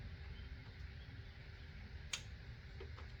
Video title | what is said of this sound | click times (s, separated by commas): Ultimate Merc-Benz S550-W222 Service: Oil Change Part 3 | Hopefully, I hope you heard that click. It clicked, it's torqued, it's indexed. | 2.1 s